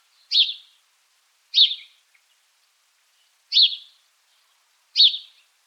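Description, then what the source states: House sparrow calling with four clipped, downward-sweeping chirps at uneven intervals of one to two seconds, otherwise quiet. Nominate subspecies Passer domesticus domesticus.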